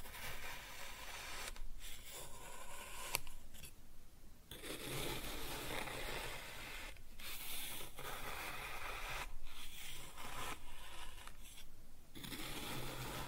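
Kinetic sand is cut and scooped in a dense, grainy stream of crunching and scraping that fills the whole clip. Brief quiet gaps break it about every two to three seconds, near 1.7, 3.5, 7, 9.5 and 12 seconds, as the tool lifts and re-enters.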